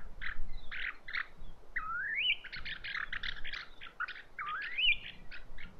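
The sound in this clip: Bird calls: bursts of sharp chirps mixed with two rising, slurred whistles, repeated throughout with low background rumble.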